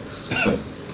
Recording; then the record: coughing mixed with background sound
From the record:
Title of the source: Spring Cold Coughing.